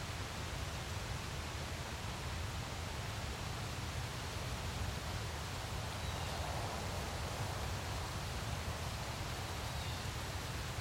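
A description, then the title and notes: Steady, dense rain hiss fills the whole clip at an even level, with a low rumble underneath and no distinct drops or breaks. Rain Sound.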